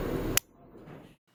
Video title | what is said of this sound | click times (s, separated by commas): CNC Tool Assembly - WWU | the collet is inserted from the back of the collet retainer make sure you hear it snap into place | 0.4 s